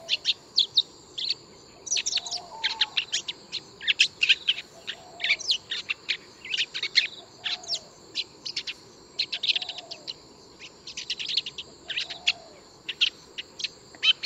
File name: 紅尾伯勞